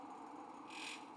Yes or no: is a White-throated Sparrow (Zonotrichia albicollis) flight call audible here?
no